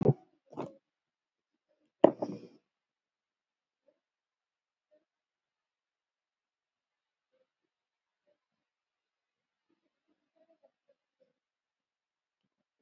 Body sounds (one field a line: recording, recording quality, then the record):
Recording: deep breathing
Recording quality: poor, much background noise or distortion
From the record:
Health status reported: COVID-19 positive, moderate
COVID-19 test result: positive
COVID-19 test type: RT-PCR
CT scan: not taken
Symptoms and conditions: breathing difficulty, fever, loss of smell and taste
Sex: male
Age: 38 years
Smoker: no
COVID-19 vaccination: none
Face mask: worn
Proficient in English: yes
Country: India